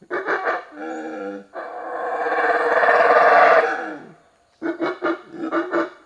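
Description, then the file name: Monkey loud calls: quick harsh barks, then a long roaring call that builds and fades, followed after a pause by more rapid barking notes. Loud calling in forest. "felix blume animal monkey loud calling in forest"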